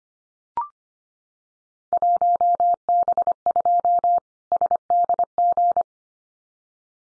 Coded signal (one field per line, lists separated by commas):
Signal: Morse code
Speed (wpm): 25 wpm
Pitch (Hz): 700 Hz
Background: none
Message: 1B2 SDG